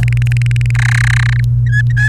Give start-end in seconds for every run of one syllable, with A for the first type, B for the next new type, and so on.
0.03-0.71 A, 0.75-1.40 B, 1.66-2.08 C